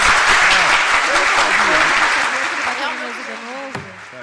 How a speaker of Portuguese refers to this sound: Palmas.